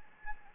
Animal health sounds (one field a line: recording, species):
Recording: mosquito wingbeat signal from an infrared sensor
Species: Anopheles gambiae